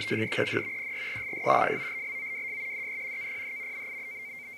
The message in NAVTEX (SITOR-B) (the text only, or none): E PRESS FOLLOWS DE KPH